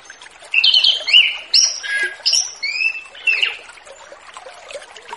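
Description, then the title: Orange-headed thrush song: a varied run of high whistled and slurred phrases, some rising, some dropping, delivered in quick bursts for about three seconds before a pause. Relaxed ngeplong-style song, used as a lure to attract wild birds of the same species. "Anis Kembang Ngeplong Santai , Untuk Pancingan Anis Kembang Lepas"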